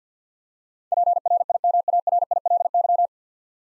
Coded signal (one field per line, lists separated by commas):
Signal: Morse code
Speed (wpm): 50 wpm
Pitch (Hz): 700 Hz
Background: none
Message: PRIMARILY